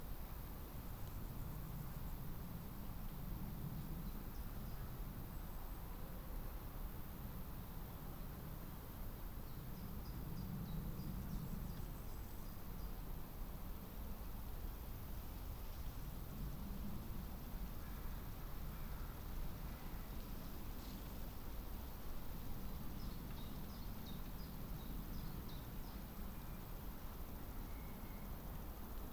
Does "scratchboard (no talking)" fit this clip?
no